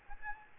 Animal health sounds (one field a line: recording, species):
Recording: mosquito wingbeat signal from an infrared sensor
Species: Aedes albopictus